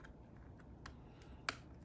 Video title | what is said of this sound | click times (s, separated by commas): How To Remove, Clean and Replace Keys on your 2012-2016 Apple Retina MacBook Pro Laptop Computer | yeah there you hear that snapped stamped in so that one actually has a good hinge on it | 1.5 s